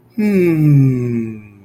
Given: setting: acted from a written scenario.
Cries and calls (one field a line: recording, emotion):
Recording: vocal sound without words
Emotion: serenity